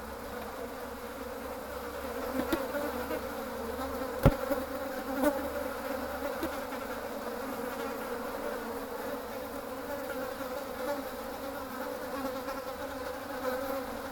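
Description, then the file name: Fly giving a continuous humming buzz, with a sharp tap around four seconds. "These Flies"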